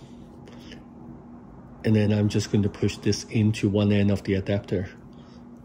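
A Di2 wire plug is handled and lined up with one end of a cable adapter while Di2 cables are being connected to a new-style DN300 battery in the seatpost of a Cervelo P-series, with faint handling ticks at about 0.5 and 0.7 seconds. From about 1.9 seconds someone talks over a low steady hum. The plug has not been pushed home yet and nothing has clicked.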